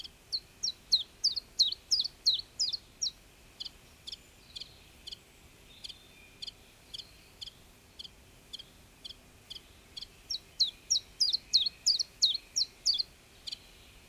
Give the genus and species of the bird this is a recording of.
Phylloscopus collybita